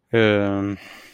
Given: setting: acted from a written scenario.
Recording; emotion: vocal sound without words; disappointment